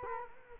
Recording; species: mosquito wingbeat signal from an infrared sensor; Culex quinquefasciatus